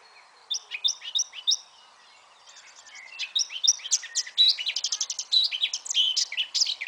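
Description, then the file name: Eurasian blackcap song: a short burst of notes, a pause, then a loud, rapid, chattering warble of varied whistles. "Sylvia atricapilla"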